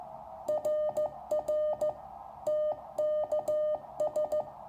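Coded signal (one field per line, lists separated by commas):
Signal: Morse code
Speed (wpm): 14 wpm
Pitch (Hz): 610 Hz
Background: music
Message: RR TKS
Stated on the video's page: Contacts to Eastern Europe on a Small Wonder Labs SW+ QRP radio, battery powered, with a Chameleon Hybrid Micro whip antenna.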